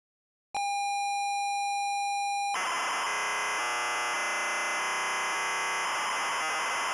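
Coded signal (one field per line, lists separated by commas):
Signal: ZX Spectrum tape loading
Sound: two-second steady pilot tone, then harsh buzzing data screech with shifting pitch bands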